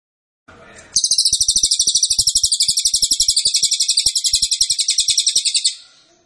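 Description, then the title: Cililin trilling: a brief rustle, then a long, even stream of rapid high buzzy notes for nearly five seconds, with quiet low clicks. Song used as a training recording for songbirds. "Cililin AMPUH. Masteran Burung cililin"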